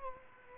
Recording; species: mosquito wingbeat signal from an infrared sensor; Culex quinquefasciatus